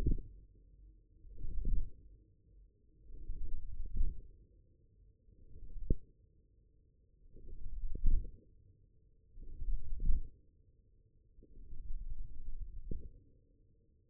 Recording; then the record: forearm muscle sounds (acoustic myography)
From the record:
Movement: wrist extension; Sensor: system 1, eight BSWA MPA416 microphones around the upper forearm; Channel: 5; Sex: male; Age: 54 years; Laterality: right